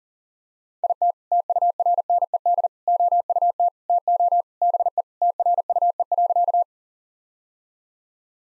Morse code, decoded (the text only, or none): IT TURNED OUT TO BE TRUE.